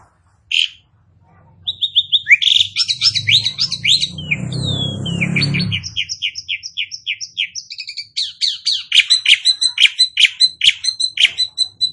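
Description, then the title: Asian pied starling song, a long varied run of sharp whistles, chattering notes and harsh rattles, with a rapid clicking series near the end and low rumbling noise midway. "Bunyi Jalak Suren"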